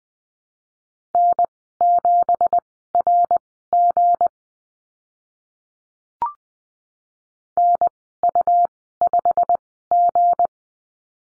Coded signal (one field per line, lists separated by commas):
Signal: Morse code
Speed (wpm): 20 wpm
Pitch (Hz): 700 Hz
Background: none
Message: N7RG NU5G